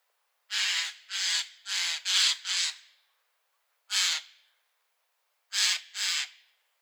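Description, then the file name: Eurasian jay uttering a burst of five harsh, noisy screeches in quick succession, then a single screech, then a final pair, with silence between. "Garrulus glandarius"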